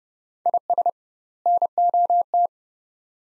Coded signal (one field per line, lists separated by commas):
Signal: Morse code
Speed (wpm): 30 wpm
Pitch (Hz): 700 Hz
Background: none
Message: IS NOT